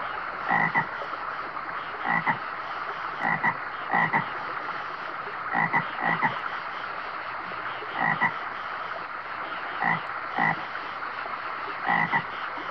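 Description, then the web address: Frog croaking: many short croaks, some in close pairs, repeated every second or two over a steady hiss. "лягушки"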